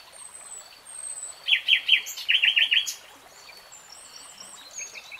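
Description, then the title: Nightingale song: high thin whistles, then two bursts of rapid chirping notes, followed by faint scattered high whistles. "[Tiếng chim hót] REALTIME Nightingale Singing"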